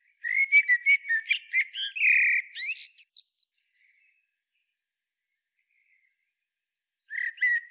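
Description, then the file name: Common blackbird song: mellow fluted warbles near the low end, then a squeaky twittering flourish, a long pause, and a new phrase starting at the end. "Turdus merula"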